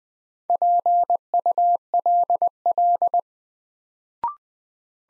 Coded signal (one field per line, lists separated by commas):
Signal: Morse code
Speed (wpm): 20 wpm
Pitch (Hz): 700 Hz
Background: none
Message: PULL